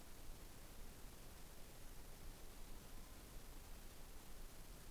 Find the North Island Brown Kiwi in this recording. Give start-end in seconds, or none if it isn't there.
none